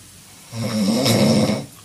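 A single loud, low, buzzing snore lasting about a second, from an adult man fast asleep in a small room at night.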